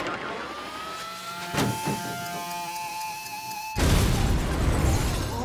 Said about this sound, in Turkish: Hey Earl, o senin kamyonet değil mi?